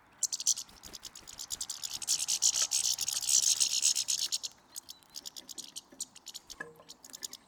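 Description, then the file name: European goldfinch giving a loud, fast buzzy twitter of rapid pulsed notes for about four seconds, followed by looser, quieter chirps. "Carduelis carduelis"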